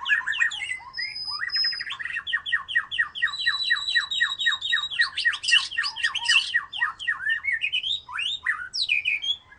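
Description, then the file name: White-rumped shama song with a long, rapid, rhythmic run of repeated sweeping notes, mixed with whistles and harsh chatter, almost without pause. "murai batu"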